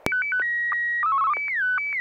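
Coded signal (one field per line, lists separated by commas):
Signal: SSTV (slow-scan television)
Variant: Martin 1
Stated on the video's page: SSTV net on an FM repeater at 441.300 MHz in Sacramento, sent with MMSSTV software.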